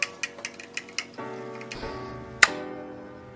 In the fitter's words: that click again guys